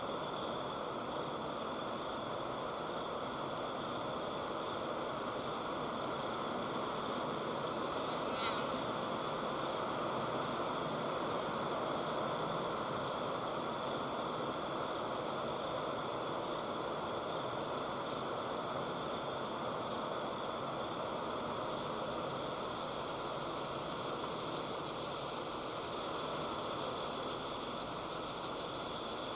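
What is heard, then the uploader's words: Crickets chirp in a steady, dense, high-pitched drone that holds unchanged throughout, with a brief bright click near the eight-second mark. Binaural Cricket Sounds. Crickets at sunset in the incredible Timanfaya pyroclastic desert on the island of Lanzarote. All our audio is recorded infield with special ambisonic audio recording equipment. In the transformation process we simulate very slow head movements in the ambisonic soundfield.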